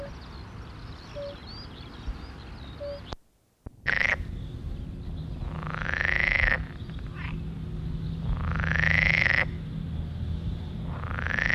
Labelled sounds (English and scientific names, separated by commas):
Pool Frog (Pelophylax lessonae) call